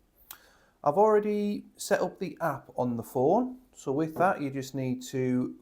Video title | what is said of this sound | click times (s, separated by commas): Reolink Smart Home CCTV Camera's | and when you get it in you'll get a click and the SD card is then installed. | 0.3 s